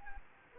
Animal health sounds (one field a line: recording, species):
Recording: mosquito wingbeat signal from an infrared sensor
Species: Culex quinquefasciatus